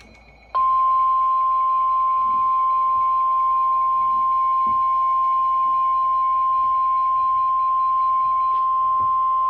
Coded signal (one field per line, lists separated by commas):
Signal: Emergency Alert System (SAME) tones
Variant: 1050 Hz attention tone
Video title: Severe Thunderstorm Warning (EAS #393)